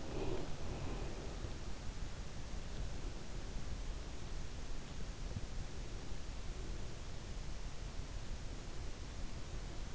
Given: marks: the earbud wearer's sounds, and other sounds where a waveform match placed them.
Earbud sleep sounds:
sounds in sleep by an in-ear microphone; breath
0.00-1.55 s: breath

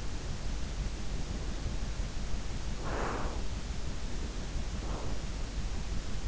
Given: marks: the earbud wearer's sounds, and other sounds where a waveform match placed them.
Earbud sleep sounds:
sounds in sleep by an in-ear microphone; breath
1.14-3.68 s: breath
4.10-5.43 s: breath

